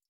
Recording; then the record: hydrophone in a shrimp aquaculture tank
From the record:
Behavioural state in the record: feeding